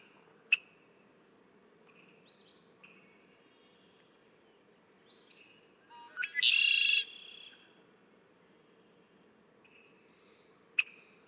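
Red-winged blackbird song with a single check note, quiet rising whistles, one loud grating buzzy trill midway, and a final sharp check call.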